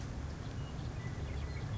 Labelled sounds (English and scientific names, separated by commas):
Western Meadowlark (Sturnella neglecta)